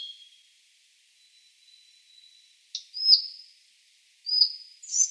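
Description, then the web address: Collared flycatcher song: thin high whistles, then three sharp, high notes, the first two more than a second apart and the last following about half a second later. "Schulze Peter Collared Flycatcher song"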